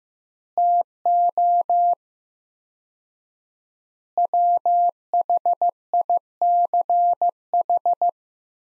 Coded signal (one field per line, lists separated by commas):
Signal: Morse code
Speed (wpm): 15 wpm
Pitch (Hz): 700 Hz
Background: none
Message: TO WHICH